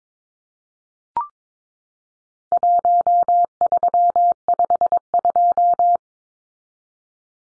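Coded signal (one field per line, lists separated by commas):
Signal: Morse code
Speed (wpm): 22 wpm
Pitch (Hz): 700 Hz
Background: none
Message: 1352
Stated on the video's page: Contest-style four-digit serial numbers at 22wpm for head-copy drill, leading zeros sent as cut T.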